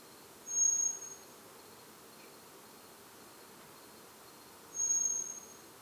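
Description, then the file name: Eurasian blackbird calling with two thin, high, flat whistled notes about four seconds apart against faint steady background noise. "Turdus merula"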